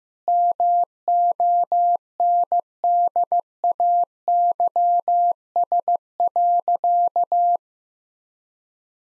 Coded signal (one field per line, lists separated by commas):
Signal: Morse code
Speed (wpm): 16 wpm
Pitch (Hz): 700 Hz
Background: none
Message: MONDAYS.